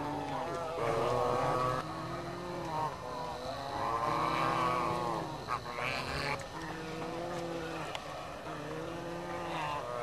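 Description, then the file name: Dalmatian pelican calls: several overlapping, low, hoarse, wavering moans that rise and fall, forming a steady chorus throughout. "Pelecanus-crispus-Dalmatian-Pelican-Къдроглав-пеликан"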